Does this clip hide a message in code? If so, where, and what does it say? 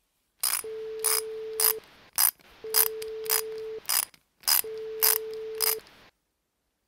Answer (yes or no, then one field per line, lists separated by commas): no